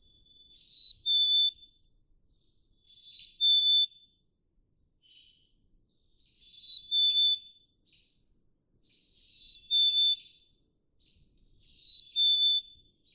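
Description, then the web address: Black-capped chickadee song: a clear two-note whistle, the first note higher and the second lower, given five times. "birdsongforthecurious Black-capped Chickadee"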